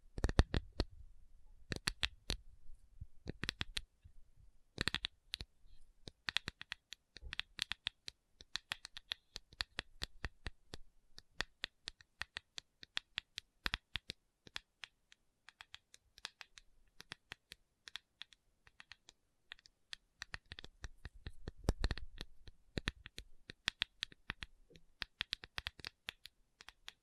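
A tapping session with no talking: quick, sharp fingertip taps and clicks run throughout, irregular and densely packed, some sounding like typing or shuffled cards. Bursts come thicker at the start and around 21–23 seconds, with a low soft thump underneath at times.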